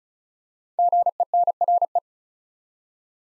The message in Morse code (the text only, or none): GENRE